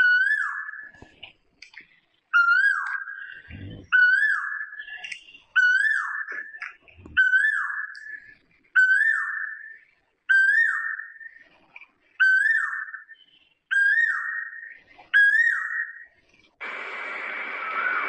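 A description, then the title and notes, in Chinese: An Asian koel repeats its loud, rising whistled call about ten times at a steady pace, then a brief rustling noise ends it. 噪鹃的叫声。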